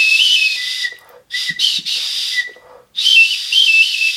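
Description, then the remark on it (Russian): A hollow wooden pipe with finger holes, burned through with a heated metal rod, plays a breathy, airy tune in several bursts, with short high notes and brief pauses between phrases, fairly loud with no voices. “Деревянная трубочка с уже проделанными латками, отверстиями, пустотелой, прожжена насквозь.”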